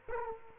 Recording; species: mosquito wingbeat signal from an infrared sensor; Culex quinquefasciatus